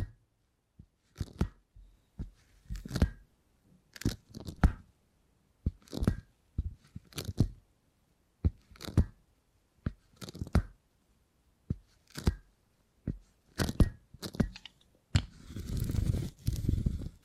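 Beeswax being handled in short crackly crunches and tearing sounds roughly every second, ending in a longer rustling, rumbling stretch after sixteen seconds.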